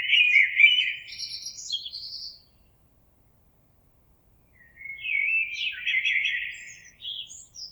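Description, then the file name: Common blackbird singing two rich fluting phrases, each ending in squeaky high twittering, with a quiet gap between them. Recorded on 26 April 2022. "Merle 2022 04 26"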